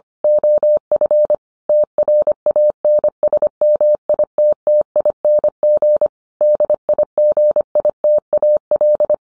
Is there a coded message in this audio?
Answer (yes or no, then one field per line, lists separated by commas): yes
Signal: Morse code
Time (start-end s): 0.2-9.1 s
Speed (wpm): 25 wpm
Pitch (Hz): 600 Hz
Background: none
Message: OF TRANSMITTING DIGITAL